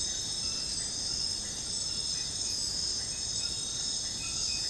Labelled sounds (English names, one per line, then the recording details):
none
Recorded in secondary vegetation near Puerto Asís, Putumayo, Colombia, on 18 February 2024 at 01:30
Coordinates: 0.468, -76.324
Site G6381